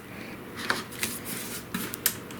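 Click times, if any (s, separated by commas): none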